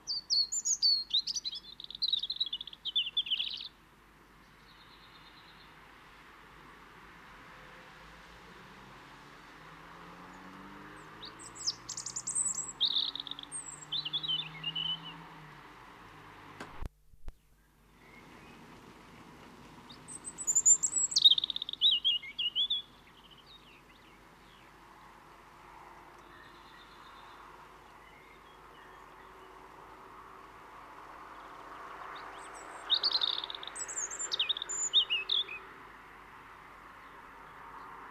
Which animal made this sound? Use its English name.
European Robin